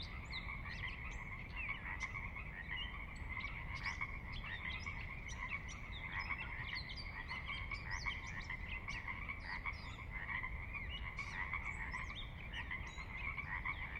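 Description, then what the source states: Massed Pacific Chorus Frogs calling nonstop, their croaks overlapping into a steady chorus with frequent louder individual calls, low rushing water underneath. Recorded at midnight on the valley floor of Sinlahekin Valley, Sinlahekin Wildlife Area, Washington, near the Cascades; distant water spillage in background; unprocessed raw recording.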